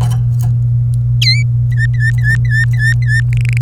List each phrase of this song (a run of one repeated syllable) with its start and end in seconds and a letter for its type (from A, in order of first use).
1.22-1.43 A, 1.72-3.21 B, 3.33-3.62 C